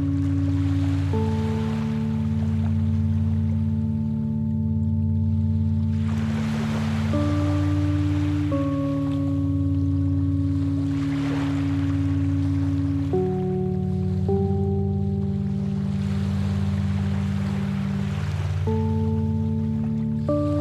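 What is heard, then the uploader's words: Steady low droning tones hold throughout, with slow throbbing pulses in the bass and higher sustained notes that shift pitch every few seconds. Soft washes of surf-like noise swell and recede roughly every four seconds beneath the drone. Gentle Binaural Beats . Relaxing Sounds of Nature.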